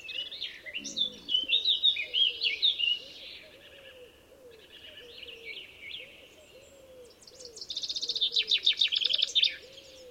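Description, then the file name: Common chaffinch song: two loud song phrases, one early and one near the close, with softer notes between, over a steady series of soft, low arched notes. "Fringilla coelebs"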